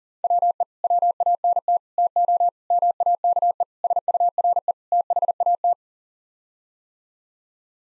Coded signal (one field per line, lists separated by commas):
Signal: Morse code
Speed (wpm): 40 wpm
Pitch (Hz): 700 Hz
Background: none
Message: WE WANT TO MAKE SURE THAT